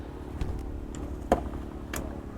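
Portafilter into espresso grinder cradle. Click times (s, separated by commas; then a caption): 1.3 s. A portafilter, a metal handle with a basket, is pushed into the cradle of an espresso machine's built-in grinder. It clicks into place at 1.3 s, which starts automatic dosing, and a steady low hum with a few softer knocks runs under the clip.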